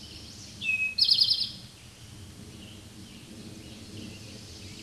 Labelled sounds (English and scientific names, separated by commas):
Eastern Towhee (Pipilo erythrophthalmus) song